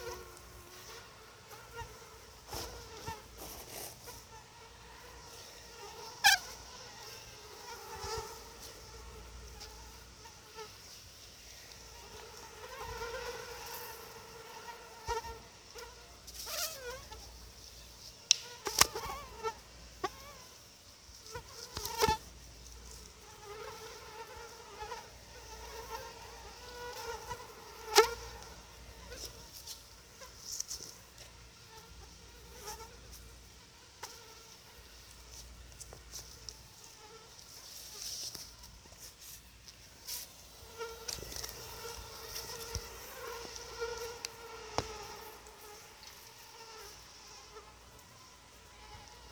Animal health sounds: mosquito flight sound by mobile phone; Anopheles quadriannulatus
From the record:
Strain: SANQUA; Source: CDC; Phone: Sony Xperia

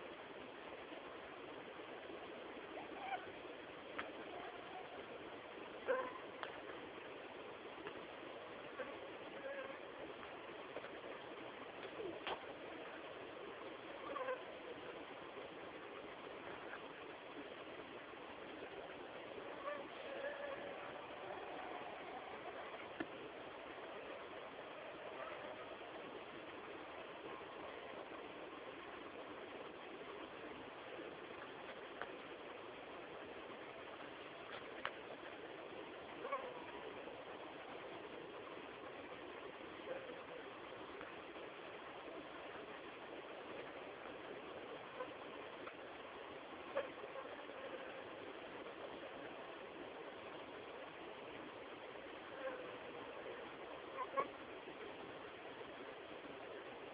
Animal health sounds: mosquito flight sound by mobile phone; Anopheles gambiae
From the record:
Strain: Kisumu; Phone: Samsung T209

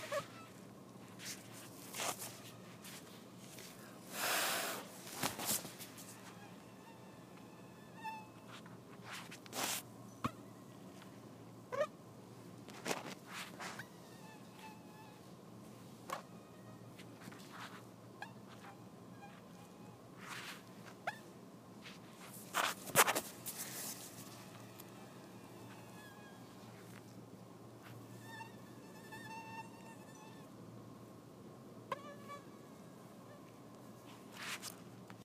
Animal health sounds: mosquito flight sound by mobile phone; Anopheles farauti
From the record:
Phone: iPhone 4S

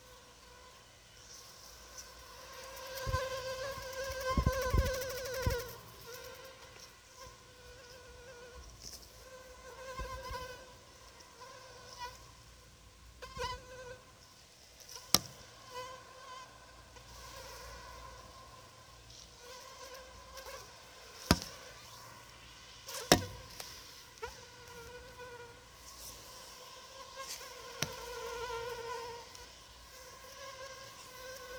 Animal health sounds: mosquito flight sound by mobile phone; Anopheles arabiensis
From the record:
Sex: female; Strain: Rufisque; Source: CDC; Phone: Sony Xperia

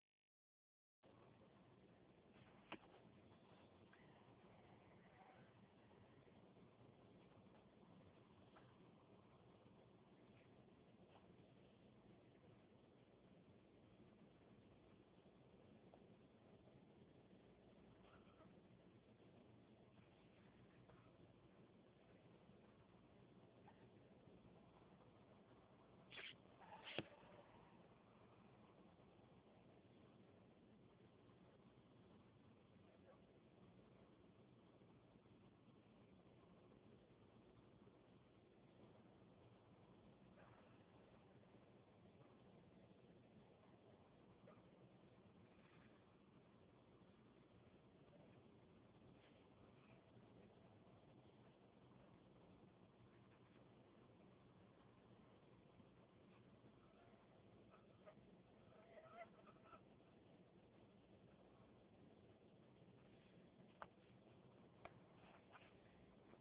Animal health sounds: mosquito flight sound by mobile phone; Anopheles minimus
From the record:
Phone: Huawei 866C

